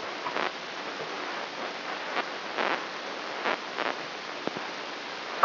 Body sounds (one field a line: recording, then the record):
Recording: brain microelectrode recording played as sound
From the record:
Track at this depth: outside the subthalamic nucleus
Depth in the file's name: 7.86 mm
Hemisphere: left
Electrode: 3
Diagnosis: Parkinson's disease